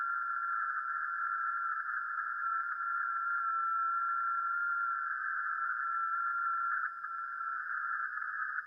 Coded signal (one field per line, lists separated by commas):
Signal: FT8